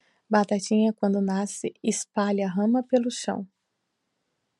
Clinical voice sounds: short text; Brazilian Portuguese; female; 30 to 39 years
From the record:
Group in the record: control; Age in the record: 38 years

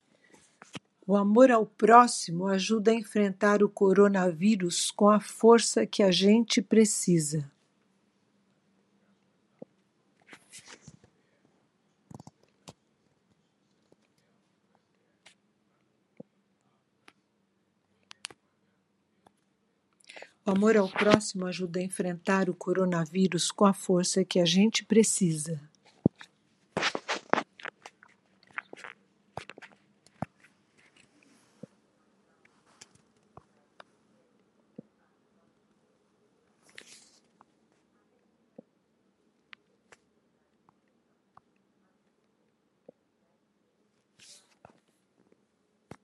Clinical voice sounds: spoken sentence; Brazilian Portuguese; female; 60 to 69 years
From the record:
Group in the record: control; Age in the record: 66 years

